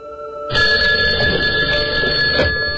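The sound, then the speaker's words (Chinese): A telephone at the Yugoslav embassy in Luxembourg, on 4 September 1984, starts ringing after a brief low hum: a loud, continuous metallic bell trill with a fast rattling pulse that carries on steadily with no voices. “几个小时过去了，使馆的电话终于响了起来。”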